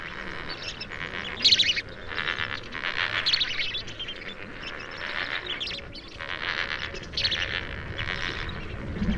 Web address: cantos flamencoenano